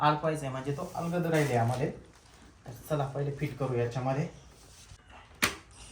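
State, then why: Seated. A BenQ monitor is hooked onto the tabs at the top of its stand and pushed so its catches engage, while someone talks. A sharp click at 5.4 s marks the catches snapping in, and the monitor sits firmly seated on the stand.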